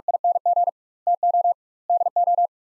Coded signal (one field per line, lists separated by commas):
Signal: Morse code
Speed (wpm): 46 wpm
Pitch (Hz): 700 Hz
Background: none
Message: ING TO DO